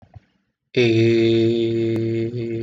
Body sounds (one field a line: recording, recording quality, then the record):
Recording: sustained vowel as in made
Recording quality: excellent, no background noise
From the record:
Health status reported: COVID-19 positive, mild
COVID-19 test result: positive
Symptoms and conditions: cough, fatigue, muscle pain, loss of smell and taste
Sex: male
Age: 27 years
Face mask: not worn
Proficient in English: yes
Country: India